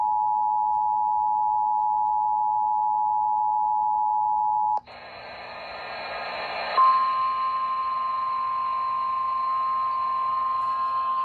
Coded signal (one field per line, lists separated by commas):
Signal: Emergency Alert System (SAME) tones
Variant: 853 and 960 Hz attention tone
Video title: (EAS) Tropical Like, I think? - EAS Alerts from 6/19/23-6/21/23